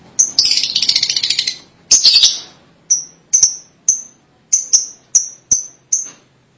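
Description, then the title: Lovebird's rasping chatter is followed by a series of brief shrill squeaks. "BM Suara Burung Lovebird"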